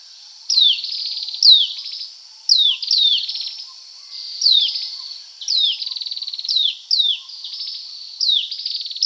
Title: prenjk gnung. Dark-necked Tailorbird (Orthotomus atrogularis anambensis)